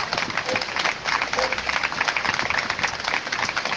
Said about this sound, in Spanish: Así que yo creo que nos damos un fuerte aplauso porque nos lo merecemos.